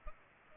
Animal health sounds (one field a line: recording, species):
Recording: mosquito wingbeat signal from an infrared sensor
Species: Culex pipiens